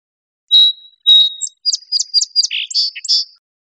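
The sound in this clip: Song sparrow singing one song that opens with two emphatic notes, speeds into a string of bright chip notes and ends with a few buzzy notes; quiet background.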